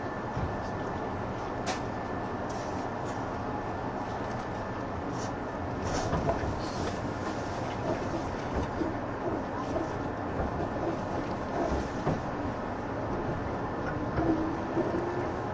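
Running sound aboard a 185 Series train on the Odoriko 106 service: a steady, dense rumble of the moving carriage with a faint constant whine running through it. Short rattles and clicks from the wheels come every second or so, with a soft rising tone near the end.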